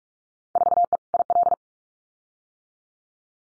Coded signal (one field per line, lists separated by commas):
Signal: Morse code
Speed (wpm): 46 wpm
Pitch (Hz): 700 Hz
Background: none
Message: 4E IL